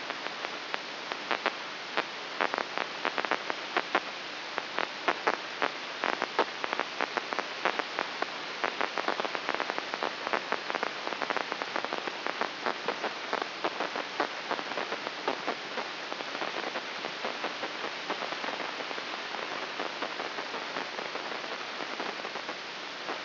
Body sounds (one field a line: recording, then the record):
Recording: brain microelectrode recording played as sound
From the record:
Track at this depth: inside the subthalamic nucleus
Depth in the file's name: 1.6 mm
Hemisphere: left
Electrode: 3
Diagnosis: Parkinson's disease